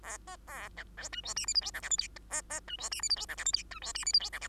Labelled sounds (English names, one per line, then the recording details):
Bengalese Finch song
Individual Bird2